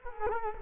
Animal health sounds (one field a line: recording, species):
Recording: mosquito wingbeat signal from an infrared sensor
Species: Culex quinquefasciatus